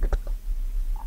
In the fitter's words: Nah, seperti itu. Tuh, tuh sudah masuk tuh. Lu enggak ngunci nih. Tuh, sudah ngunci.